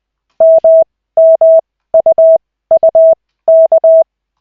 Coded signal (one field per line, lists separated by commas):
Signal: Morse code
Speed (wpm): 20 wpm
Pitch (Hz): 650 Hz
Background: none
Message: MMUUK